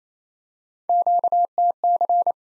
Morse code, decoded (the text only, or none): QTC